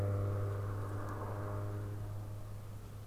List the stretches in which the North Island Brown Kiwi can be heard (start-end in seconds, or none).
none